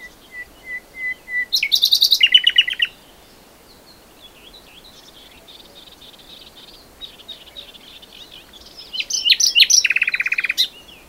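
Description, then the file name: Common nightingale song: a series of soft repeated whistles that swell into a loud, fast rattling trill, then a pause and another burst of varied notes and trills. "Sydnaktergal"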